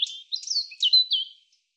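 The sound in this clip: European robin song fragment, a short run of high sliding whistles and thin warbled notes, dropping in pitch toward the end, on a silent background.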